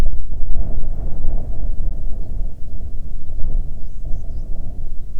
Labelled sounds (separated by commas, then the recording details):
bird, wind
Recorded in the Arctic National Wildlife Refuge, Alaska, on 9 July 2019 at 22:22
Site 48